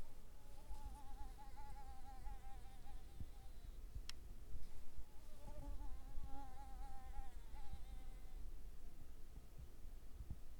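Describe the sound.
Mosquito buzzing in a thin, wavering whine that drifts in pitch, passing in and out over about ten seconds, with low rumbling background noise throughout.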